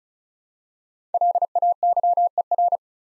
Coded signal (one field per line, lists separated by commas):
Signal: Morse code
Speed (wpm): 36 wpm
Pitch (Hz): 700 Hz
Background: none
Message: LAYER